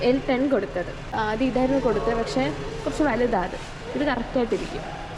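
A station luggage locker door is being handled after a bag has been put inside. Someone talks throughout, with music toward the end. The lock has not yet shut and nothing has clicked in this clip.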